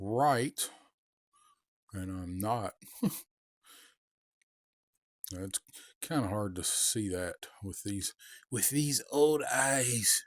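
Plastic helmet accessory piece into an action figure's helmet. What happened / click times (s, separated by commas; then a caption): Small plastic piece being lined up, not yet seated / none. Someone talks while handling and lining up a small plastic helmet accessory piece for the Sidewinder Día de los Muertos Valaverse Action Force action figure's helmet. Nothing has seated or clicked into place yet.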